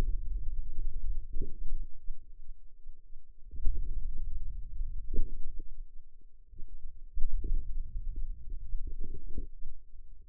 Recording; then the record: forearm muscle sounds (acoustic myography)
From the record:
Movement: hand opening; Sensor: system 2, bracelet of six BSWA MPA416 microphones around the upper forearm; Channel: 5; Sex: female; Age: 21 years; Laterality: right